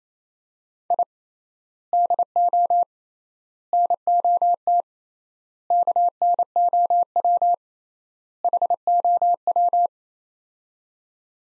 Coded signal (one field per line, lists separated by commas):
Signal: Morse code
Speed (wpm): 28 wpm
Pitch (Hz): 700 Hz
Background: none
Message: I DO NOT KNOW HOW